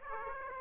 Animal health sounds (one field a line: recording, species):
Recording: mosquito wingbeat signal from an infrared sensor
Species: Aedes aegypti